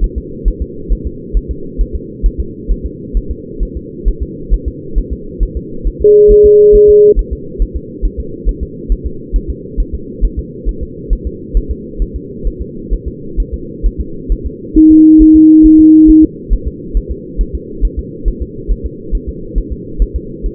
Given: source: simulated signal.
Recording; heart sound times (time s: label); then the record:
fetal heart sounds
0.04 s: S1
0.18 s: S2
0.48 s: S1
0.62 s: S2
0.92 s: S1
1.07 s: S2
1.37 s: S1
1.51 s: S2
1.81 s: S1
1.96 s: S2
2.26 s: S1
2.40 s: S2
2.71 s: S1
2.86 s: S2
3.17 s: S1
3.31 s: S2
3.63 s: S1
3.77 s: S2
4.08 s: S1
4.23 s: S2
4.54 s: S1
4.68 s: S2
4.98 s: S1
5.13 s: S2
5.43 s: S1
5.57 s: S2
5.87 s: S1
6.02 s: S2
6.32 s: S1
6.46 s: S2
6.75 s: S1
6.90 s: S2
7.19 s: S1
7.33 s: S2
7.62 s: S1
7.76 s: S2
8.05 s: S1
8.20 s: S2
8.49 s: S1
8.63 s: S2
8.92 s: S1
9.06 s: S2
9.36 s: S1
9.50 s: S2
9.80 s: S1
9.95 s: S2
10.24 s: S1
10.39 s: S2
10.69 s: S1
10.83 s: S2
11.13 s: S1
11.27 s: S2
11.57 s: S1
11.71 s: S2
12.02 s: S1
12.16 s: S2
12.47 s: S1
12.62 s: S2
12.94 s: S1
13.08 s: S2
13.40 s: S1
13.54 s: S2
13.86 s: S1
14.01 s: S2
14.32 s: S1
14.46 s: S2
14.77 s: S1
14.92 s: S2
15.22 s: S1
15.36 s: S2
15.66 s: S1
15.80 s: S2
16.10 s: S1
16.24 s: S2
16.53 s: S1
16.68 s: S2
16.97 s: S1
17.11 s: S2
17.41 s: S1
17.55 s: S2
17.85 s: S1
17.99 s: S2
18.28 s: S1
18.42 s: S2
18.71 s: S1
18.86 s: S2
19.15 s: S1
19.29 s: S2
19.58 s: S1
19.73 s: S2
20.02 s: S1
20.16 s: S2
20.46 s: S1
From the record:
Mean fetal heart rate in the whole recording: 135 bpm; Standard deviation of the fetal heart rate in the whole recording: 3 bpm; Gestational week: 36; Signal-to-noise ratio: -4.3 dB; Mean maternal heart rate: 72 bpm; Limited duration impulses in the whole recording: present